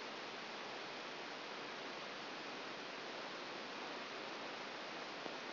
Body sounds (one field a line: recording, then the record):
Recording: brain microelectrode recording played as sound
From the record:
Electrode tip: outside the subthalamic nucleus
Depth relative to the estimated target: 4 mm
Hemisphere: left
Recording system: AlphaMap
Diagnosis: Parkinson's disease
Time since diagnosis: 10 years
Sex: female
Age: 63 years